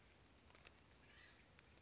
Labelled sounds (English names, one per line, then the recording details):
Acorn Woodpecker
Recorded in Sonoma County, California